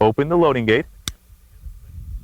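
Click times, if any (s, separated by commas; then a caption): 1.1 s. Someone talks, then the steel hammer of a single-action revolver, with its loading gate open, is drawn back to the half-cock notch to unload it. It gives a single sharp click at 1.1 s, and the hammer seats in the half-cock notch. Faint low rumble follows.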